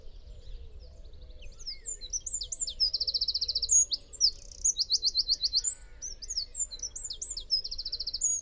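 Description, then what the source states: Eurasian wren song, long and energetic, mixing piercing high notes with fast rattling trills, faint bird chatter underneath. Nominate subspecies Troglodytes troglodytes troglodytes.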